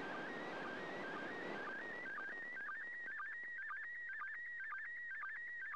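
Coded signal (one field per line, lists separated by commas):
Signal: SSTV (slow-scan television)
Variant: PD 120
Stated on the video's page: SSTV images transmitted from the International Space Station on 145.800 MHz in PD 120 format, recorded during a satellite pass.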